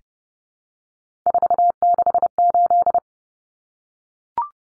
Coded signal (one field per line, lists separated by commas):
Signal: Morse code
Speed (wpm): 30 wpm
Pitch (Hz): 700 Hz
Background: none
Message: 468